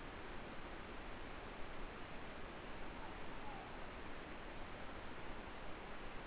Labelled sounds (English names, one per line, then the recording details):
Morepork more-pork call
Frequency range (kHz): Morepork 0.7-1.1 kHz
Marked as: faintness 4/5
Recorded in New Zealand
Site Eglinton